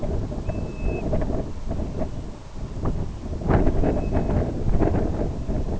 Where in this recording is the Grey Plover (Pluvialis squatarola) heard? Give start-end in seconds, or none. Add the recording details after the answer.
0.35-1.10, 3.69-4.46. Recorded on Arctic tundra, site IGLO-B, on 27 June 2018. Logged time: 03:59